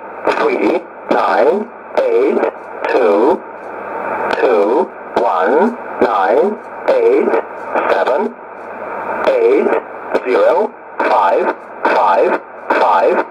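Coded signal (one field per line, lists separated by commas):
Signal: numbers station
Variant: E07a, English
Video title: 09 02 2019 E07a English Man Numbers station in English to Eu 0925 on 12153 unknown tx site USB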